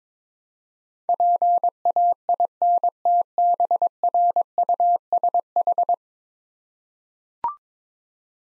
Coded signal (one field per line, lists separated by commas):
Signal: Morse code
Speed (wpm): 21 wpm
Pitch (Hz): 700 Hz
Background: none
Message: PAINTBRUSH